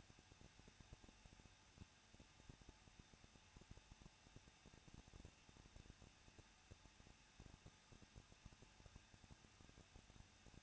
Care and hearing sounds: daily activity, microphone in the room; no activity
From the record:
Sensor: 2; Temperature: 21.0 degrees Celsius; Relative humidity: 37.4%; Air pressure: 1006.2 hPa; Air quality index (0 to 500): 222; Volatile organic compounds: 24 ppm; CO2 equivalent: 2813 ppm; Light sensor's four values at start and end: 2/3/2/2 and 2/3/2/2

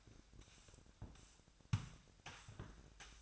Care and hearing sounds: daily activity, microphone in the room; sweep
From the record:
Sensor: 2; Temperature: 25.5 degrees Celsius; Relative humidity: 38.8%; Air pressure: 1006.8 hPa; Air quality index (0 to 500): 198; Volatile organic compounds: 13 ppm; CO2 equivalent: 2426 ppm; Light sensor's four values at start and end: 9/22/9/9 and 9/22/9/9

